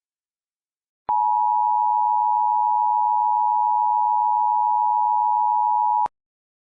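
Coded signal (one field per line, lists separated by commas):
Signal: Emergency Alert System (SAME) tones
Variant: 853 and 960 Hz attention tone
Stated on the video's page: Fictional EAS scenario.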